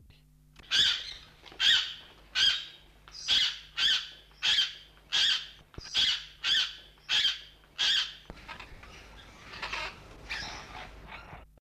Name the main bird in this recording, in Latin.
Tanygnathus lucionensis